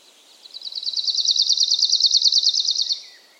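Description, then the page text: Arctic warbler singing a steady, rapid metallic trill of evenly repeated notes, swelling in and lasting roughly two and a half seconds, with a faint lower call near the end. Rare bird; song usually heard in dense, impenetrable woodland thickets; described as an even ringing or trilling sound. "Suomen Luonto. Lapinuunilintu helskyttelee pöpelikössä. Harvinaisen lapinuunilinnun (Phylloscopus borealis) laulun voi päästä hyvällä tuurilla kuulemaan – usein läpitunkemattomassa metsäryteikössä. Se on tasainen helinä tai sirinä. Lapinuunilinnun äänitti Lauri Hallikainen. Kultasointu"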